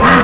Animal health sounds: pig call; piglet (1 to 25 days)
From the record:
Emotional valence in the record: positive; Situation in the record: reunion after long isolation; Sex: female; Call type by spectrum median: low-frequency call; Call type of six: low-frequency tonal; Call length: 0.23 s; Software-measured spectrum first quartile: 399 Hz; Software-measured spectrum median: 1044 Hz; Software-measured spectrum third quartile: 1615 Hz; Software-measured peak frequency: 1239 Hz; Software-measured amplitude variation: 49 dB a second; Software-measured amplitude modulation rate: 21.6 a second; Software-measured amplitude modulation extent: 2.3 dB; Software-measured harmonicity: 0.1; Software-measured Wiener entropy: -0.96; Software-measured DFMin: 461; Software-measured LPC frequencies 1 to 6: 1201, 1816, 2619, 4573, 5966, 6832 Hz

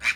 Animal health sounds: pig call; piglet (1 to 25 days)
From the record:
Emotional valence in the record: negative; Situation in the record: castration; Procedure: castration, fixation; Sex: male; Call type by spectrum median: low-frequency call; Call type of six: low-frequency tonal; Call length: 0.16 s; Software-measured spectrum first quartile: 2085 Hz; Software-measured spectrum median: 2389 Hz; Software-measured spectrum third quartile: 3057 Hz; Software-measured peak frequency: 2378 Hz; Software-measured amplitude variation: 230 dB a second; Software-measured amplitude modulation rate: 3.1 a second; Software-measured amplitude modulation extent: 73.5 dB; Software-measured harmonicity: 3.9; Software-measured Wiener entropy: -1.65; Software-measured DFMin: 1245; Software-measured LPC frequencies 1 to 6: 1404, 1840, 2371, 3930, 4918, 6441 Hz

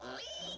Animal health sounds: pig call; piglet (1 to 25 days)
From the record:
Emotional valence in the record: negative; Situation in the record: castration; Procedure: castration, cut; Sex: male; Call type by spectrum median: high-frequency call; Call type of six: mixed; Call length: 0.58 s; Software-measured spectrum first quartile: 740 Hz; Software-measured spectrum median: 2807 Hz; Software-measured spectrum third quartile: 4345 Hz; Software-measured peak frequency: 3129 Hz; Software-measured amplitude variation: 80 dB a second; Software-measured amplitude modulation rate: 23.3 a second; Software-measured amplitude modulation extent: 3.5 dB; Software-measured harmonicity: 3.9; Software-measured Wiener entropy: -2.15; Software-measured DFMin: 836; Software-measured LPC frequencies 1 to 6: 641, 1488, 3099, 3742, 4585, 5406 Hz

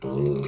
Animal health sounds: pig call; weaner (32 to 43 days)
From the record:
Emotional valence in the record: negative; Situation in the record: short isolation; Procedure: open field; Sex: female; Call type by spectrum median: low-frequency call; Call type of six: mixed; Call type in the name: high-frequency modulated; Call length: 0.48 s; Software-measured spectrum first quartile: 234 Hz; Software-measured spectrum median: 393 Hz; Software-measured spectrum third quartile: 1130 Hz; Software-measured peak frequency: 365 Hz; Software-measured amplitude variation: 98 dB a second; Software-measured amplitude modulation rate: 33.6 a second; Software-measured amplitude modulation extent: 2.9 dB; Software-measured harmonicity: 2.7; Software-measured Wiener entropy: -1.74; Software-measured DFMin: 1185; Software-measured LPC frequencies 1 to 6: 367, 1030, 2319, 4458, 5156, 6148 Hz

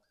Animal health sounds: pig call; piglet (1 to 25 days)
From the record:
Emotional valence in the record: positive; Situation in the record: reunion after long isolation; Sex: male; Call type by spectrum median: low-frequency call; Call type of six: low-frequency tonal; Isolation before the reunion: 8 minutes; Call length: 0.11 s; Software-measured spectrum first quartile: 746 Hz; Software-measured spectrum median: 2353 Hz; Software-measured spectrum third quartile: 7758 Hz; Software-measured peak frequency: 617 Hz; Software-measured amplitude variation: 52 dB a second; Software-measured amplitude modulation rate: 18.7 a second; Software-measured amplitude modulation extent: 2.8 dB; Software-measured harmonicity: 3.7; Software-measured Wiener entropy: -2.33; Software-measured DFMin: 694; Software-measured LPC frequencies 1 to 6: 649, 1546, 3474, 4799, 6549, 8706 Hz

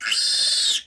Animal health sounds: pig call; piglet (1 to 25 days)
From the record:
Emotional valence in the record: negative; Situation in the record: castration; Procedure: castration, shear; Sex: male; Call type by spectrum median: high-frequency call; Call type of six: high-frequency stable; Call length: 0.87 s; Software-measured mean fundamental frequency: 123 Hz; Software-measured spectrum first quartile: 3822 Hz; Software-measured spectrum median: 4810 Hz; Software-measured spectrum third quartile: 6941 Hz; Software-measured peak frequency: 4292 Hz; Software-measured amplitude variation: 106 dB a second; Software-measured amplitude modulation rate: 22.4 a second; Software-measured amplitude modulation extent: 4.7 dB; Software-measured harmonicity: 4.5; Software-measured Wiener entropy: -2.68

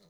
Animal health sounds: pig call; piglet (1 to 25 days)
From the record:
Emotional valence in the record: positive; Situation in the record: short reunion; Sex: male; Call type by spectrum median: low-frequency call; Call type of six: low-frequency tonal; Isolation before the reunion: 3 minutes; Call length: 0.10 s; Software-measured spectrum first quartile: 300 Hz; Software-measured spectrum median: 1185 Hz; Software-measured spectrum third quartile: 4544 Hz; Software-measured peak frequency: 180 Hz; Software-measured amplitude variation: 21 dB a second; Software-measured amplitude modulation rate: 15.6 a second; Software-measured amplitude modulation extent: 1.4 dB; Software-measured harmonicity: 5.4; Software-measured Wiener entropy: -2.41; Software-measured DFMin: 506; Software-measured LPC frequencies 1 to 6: 448, 2018, 4154, 6024, 6749, 8285 Hz

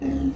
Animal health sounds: pig call; growing-finishing pig (85 days or more)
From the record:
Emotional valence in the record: negative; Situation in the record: barren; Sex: female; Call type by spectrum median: low-frequency call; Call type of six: low-frequency modulated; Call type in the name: low-frequency stable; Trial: 3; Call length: 0.36 s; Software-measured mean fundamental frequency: 45 Hz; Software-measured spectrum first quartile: 175 Hz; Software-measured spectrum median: 259 Hz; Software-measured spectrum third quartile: 316 Hz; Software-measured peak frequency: 275 Hz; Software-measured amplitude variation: 133 dB a second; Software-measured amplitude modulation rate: 18.3 a second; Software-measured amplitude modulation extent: 7.3 dB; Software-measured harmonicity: 5.3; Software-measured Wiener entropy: -0.80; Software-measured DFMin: 802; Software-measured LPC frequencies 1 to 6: 288, 1856, 2660, 3295, 4668, 6261 Hz

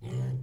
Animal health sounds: pig call; weaner (32 to 43 days)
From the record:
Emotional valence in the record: negative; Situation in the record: short isolation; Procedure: open field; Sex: female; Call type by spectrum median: low-frequency call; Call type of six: low-frequency stable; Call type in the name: low-frequency stable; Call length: 0.43 s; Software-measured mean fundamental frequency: 62 Hz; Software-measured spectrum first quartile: 125 Hz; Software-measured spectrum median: 148 Hz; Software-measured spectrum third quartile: 260 Hz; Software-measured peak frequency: 125 Hz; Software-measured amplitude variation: 102 dB a second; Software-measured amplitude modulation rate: 21.1 a second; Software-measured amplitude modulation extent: 4.8 dB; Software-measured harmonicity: 1.8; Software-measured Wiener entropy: -0.19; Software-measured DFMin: 1221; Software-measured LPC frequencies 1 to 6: 2052, 3031, 4172, 5172, 7201, 8152 Hz

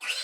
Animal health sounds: pig call; piglet (1 to 25 days)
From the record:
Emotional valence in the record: negative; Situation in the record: restrain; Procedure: in the arms of a person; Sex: female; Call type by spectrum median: high-frequency call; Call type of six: low-frequency tonal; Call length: 0.24 s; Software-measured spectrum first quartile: 2564 Hz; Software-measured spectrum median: 3389 Hz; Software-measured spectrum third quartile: 5111 Hz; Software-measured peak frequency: 2746 Hz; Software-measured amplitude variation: 131 dB a second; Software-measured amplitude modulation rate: 14.6 a second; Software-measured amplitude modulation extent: 9.0 dB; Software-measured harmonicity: 2.0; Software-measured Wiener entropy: -1.70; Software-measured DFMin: 727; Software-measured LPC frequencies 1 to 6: 1537, 2772, 4112, 4846, 6353, 7744 Hz

